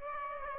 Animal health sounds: mosquito wingbeat signal from an infrared sensor; Aedes aegypti

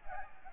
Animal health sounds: mosquito wingbeat signal from an infrared sensor; Aedes aegypti

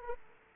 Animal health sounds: mosquito wingbeat signal from an infrared sensor; Aedes aegypti

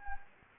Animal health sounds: mosquito wingbeat signal from an infrared sensor; Anopheles gambiae

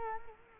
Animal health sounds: mosquito wingbeat signal from an infrared sensor; Culex quinquefasciatus

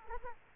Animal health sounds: mosquito wingbeat signal from an infrared sensor; Culex quinquefasciatus

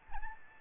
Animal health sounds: mosquito wingbeat signal from an infrared sensor; Aedes albopictus

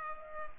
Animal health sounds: mosquito wingbeat signal from an infrared sensor; Culex pipiens

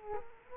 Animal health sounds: mosquito wingbeat signal from an infrared sensor; Culex quinquefasciatus

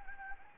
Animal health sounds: mosquito wingbeat signal from an infrared sensor; Anopheles gambiae

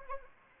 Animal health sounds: mosquito wingbeat signal from an infrared sensor; Anopheles arabiensis

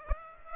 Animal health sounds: mosquito wingbeat signal from an infrared sensor; Aedes aegypti

